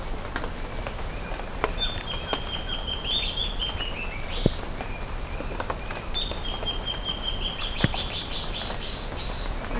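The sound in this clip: Twice, a bird gives a rapid string of high notes. A steady noisy hiss and occasional clicks sound behind it.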